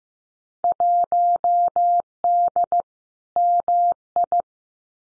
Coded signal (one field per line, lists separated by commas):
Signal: Morse code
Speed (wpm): 15 wpm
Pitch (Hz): 700 Hz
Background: none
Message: 1D MI